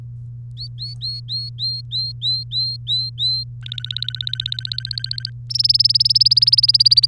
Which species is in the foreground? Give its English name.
Domestic Canary